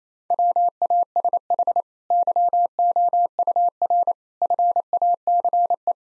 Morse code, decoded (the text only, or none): WASH YOUR FACE